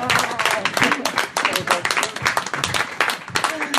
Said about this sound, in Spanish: ¡Fuerte aplauso!